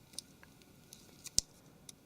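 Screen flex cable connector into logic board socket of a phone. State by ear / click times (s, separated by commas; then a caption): seated / 1.4 s. During an iPhone 4 screen replacement, the screen's flex cable connector is pressed down onto its socket on the logic board. A few faint ticks are followed by a single sharp snap at 1.4 s as the connector seats into place.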